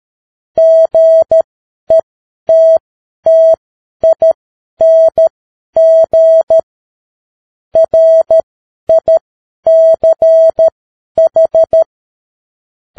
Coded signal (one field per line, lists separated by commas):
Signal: Morse code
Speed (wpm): 13 wpm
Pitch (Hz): 650 Hz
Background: none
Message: GETTING RICH